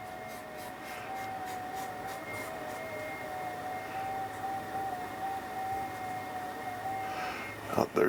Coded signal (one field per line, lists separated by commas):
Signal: FT8